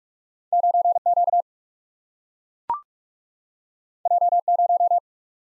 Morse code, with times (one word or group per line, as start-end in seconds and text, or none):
0.5-1.0 9
1.1-1.4 Q
4.1-4.4 J
4.5-5.0 0